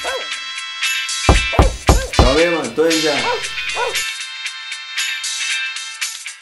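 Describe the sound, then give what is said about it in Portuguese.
A dog lets out a quick burst of four or five sharp, loud barks while a steady electronic ringing tone plays throughout, and a man briefly tells the dog in Portuguese to go away over the commotion. “Sai, cachorro, sai! Sai pra lá, mano!”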